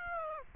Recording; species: mosquito wingbeat signal from an infrared sensor; Aedes aegypti